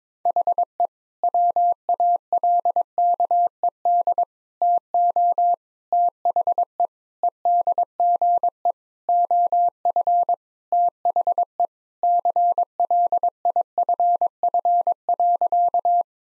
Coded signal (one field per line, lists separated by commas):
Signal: Morse code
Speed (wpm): 22 wpm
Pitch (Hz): 700 Hz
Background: none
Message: HE WALKED TO THE EDGE OF THE CLIFF.